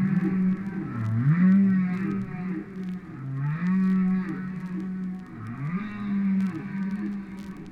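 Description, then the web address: Whale song of repeated low moans, each rising then holding level, roughly every two to three seconds, with rich harmonics and underwater hiss. "KU whales"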